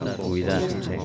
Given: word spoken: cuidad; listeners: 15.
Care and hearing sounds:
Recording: one Spanish word in noise, from a listening test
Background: eight-talker babble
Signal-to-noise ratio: -0.3 dB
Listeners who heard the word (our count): 0 of 15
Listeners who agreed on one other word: 10 of 15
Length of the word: 0.65 s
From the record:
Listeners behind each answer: 10, 2, 1, 1, 1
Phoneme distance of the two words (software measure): 10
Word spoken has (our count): 2 syllables, 6 phonemes, stress on syllable 2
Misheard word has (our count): 2 syllables, 6 phonemes, stress on syllable 2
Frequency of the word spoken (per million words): 0.30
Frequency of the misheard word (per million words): 13.40

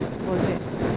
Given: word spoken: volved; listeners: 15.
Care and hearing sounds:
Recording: one Spanish word in noise, from a listening test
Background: noise modulated by three-talker babble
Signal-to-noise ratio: -3.3 dB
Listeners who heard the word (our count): 0 of 15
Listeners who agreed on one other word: 8 of 15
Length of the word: 0.57 s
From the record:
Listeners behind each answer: 8, 1, 1, 1, 1, 1, 1, 1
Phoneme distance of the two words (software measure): 10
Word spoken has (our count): 2 syllables, 6 phonemes, stress on syllable 2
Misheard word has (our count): 2 syllables, 6 phonemes, stress on syllable 2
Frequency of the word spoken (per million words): 0.19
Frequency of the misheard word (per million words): 110.76

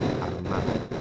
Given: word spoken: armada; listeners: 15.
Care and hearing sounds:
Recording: one Spanish word in noise, from a listening test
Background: noise modulated by three-talker babble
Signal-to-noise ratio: -4.6 dB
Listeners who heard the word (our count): 0 of 15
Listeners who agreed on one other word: 8 of 15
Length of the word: 0.61 s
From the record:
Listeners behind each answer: 8, 3, 2, 1, 1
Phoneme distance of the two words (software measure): 27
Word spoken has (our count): 3 syllables, 6 phonemes, stress on syllable 2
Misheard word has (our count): 3 syllables, 7 phonemes, stress on syllable 2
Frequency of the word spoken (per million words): 34.51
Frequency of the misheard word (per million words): 10.16

